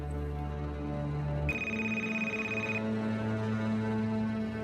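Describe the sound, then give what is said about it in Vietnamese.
A telephone rings with an incoming call, an electronic tone ringing out steadily, a sustained bright pitch that starts abruptly and holds for over a second, over a continuous humming background with low tonal layers. “Điện thoại của bác Phụng reo lên.”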